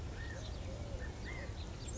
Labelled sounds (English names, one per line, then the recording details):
California Quail
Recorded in Sonoma County, California